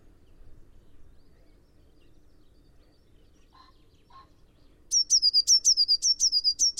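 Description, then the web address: Eurasian blue tit giving a fast, high run of rapid, ringing notes near the end, after a mostly quiet stretch. "cianscape. Deverinetal"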